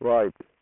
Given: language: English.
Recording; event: throat vibration sensor signal played as sound; speech